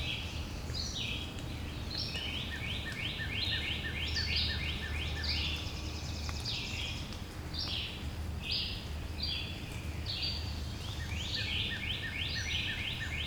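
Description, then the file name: Birds singing rapid series of rising, trilled notes in repeated bursts, some overlapping, against a steady low hum. "Relaxing Sounds Lab - Birds Singing"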